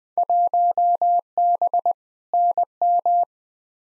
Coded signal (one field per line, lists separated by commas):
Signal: Morse code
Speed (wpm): 20 wpm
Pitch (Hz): 700 Hz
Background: none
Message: 1B NM